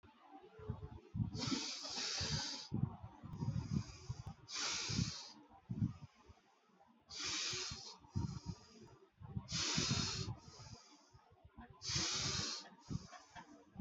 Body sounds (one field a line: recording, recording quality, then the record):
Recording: deep breathing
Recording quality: excellent, no background noise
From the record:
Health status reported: healthy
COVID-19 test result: not tested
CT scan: not taken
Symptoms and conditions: none ticked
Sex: male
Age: 32 years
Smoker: no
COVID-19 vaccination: one dose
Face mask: not worn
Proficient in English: yes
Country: India